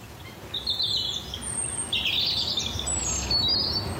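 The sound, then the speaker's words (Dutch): A European robin in Prinsenbeek, Netherlands, sings its winter territory song, thin high warbling phrases and trills rising and falling in short bursts over a steady low rumble of background noise. “Neem nou deze roodborst van Niels van Vliet uit Prinsenbeek.”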